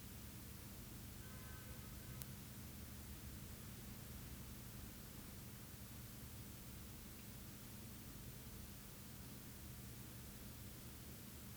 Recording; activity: daily activity, guitar pickup as the sensor; stand